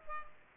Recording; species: mosquito wingbeat signal from an infrared sensor; Culex pipiens